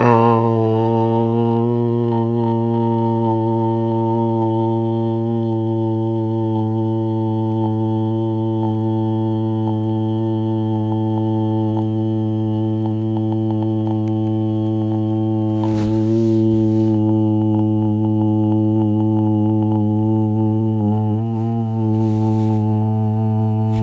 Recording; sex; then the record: sustained vowel /a/; male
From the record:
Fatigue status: fatigue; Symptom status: symptomatic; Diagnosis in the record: COVID-19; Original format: m4a